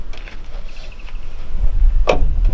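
Door window glass on a 2013–2018 Ford Ranger PX is lowered onto a new window regulator and pushed into its clamps, with faint handling taps and rustling before a sharp click at 2.1 s. The glass seats in the regulator clamp with this second click.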